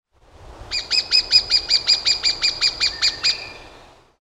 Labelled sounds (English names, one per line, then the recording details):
Lesser Spotted Woodpecker
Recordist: Tembrock, Günter
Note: Rufreihe